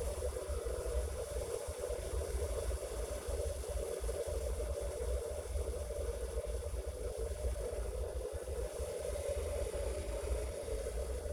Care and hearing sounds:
household activities, microphone on the right wrist
0.00-11.32 s: making tea

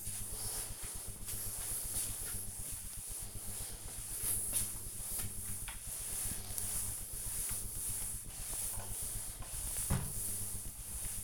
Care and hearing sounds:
household activities, microphone on the right wrist
0.00-11.24 s: floor cleaning

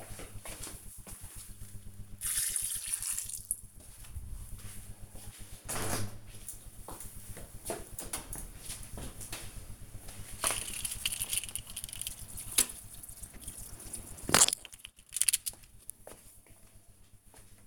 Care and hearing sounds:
household activities, microphone on the right wrist
0.00-17.67 s: watering plant

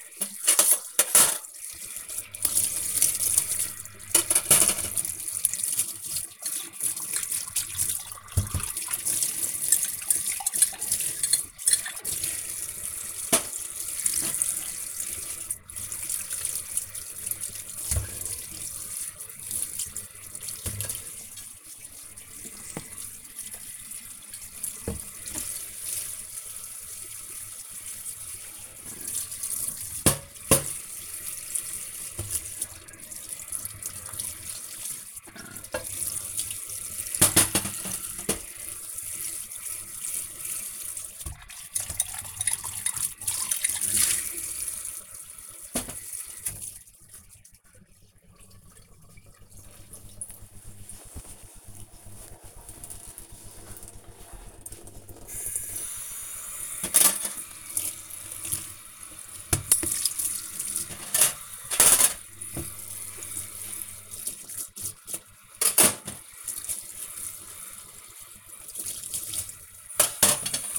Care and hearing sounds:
household activities, microphone on the right wrist
0.00-46.13 s: washing dishes
55.20-70.78 s: washing dishes

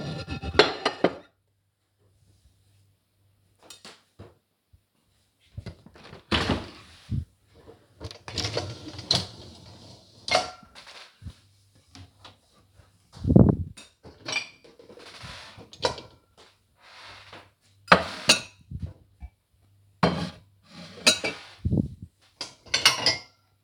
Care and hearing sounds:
household activities, microphone on the right wrist
6.69-23.64 s: cleaning out the dishwasher

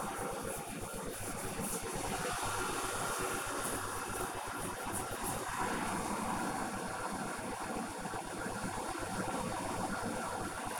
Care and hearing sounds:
household activities, microphone on the right wrist
0.00-10.80 s: making tea

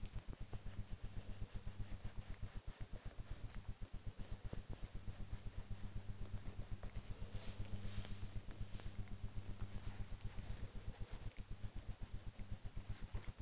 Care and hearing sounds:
household activities, microphone on the right wrist
0.00-12.06 s: drawing

